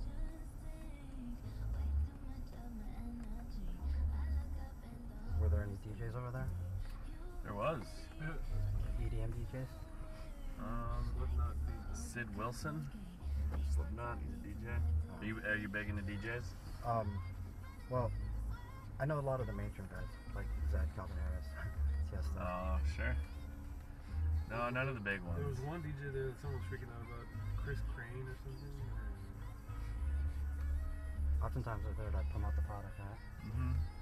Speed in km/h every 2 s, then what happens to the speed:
3, 2, 2, 0, 0, 0, 0, 0, 0, 0, 0, 0, 0, 0, 0, 0, 0.
1-34 standing.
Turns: none.